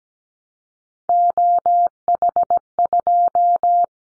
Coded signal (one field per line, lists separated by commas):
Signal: Morse code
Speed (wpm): 17 wpm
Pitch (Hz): 700 Hz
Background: none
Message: OH2